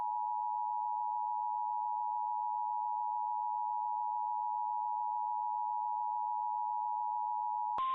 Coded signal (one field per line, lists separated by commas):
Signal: Emergency Alert System (SAME) tones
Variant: 853 and 960 Hz attention tone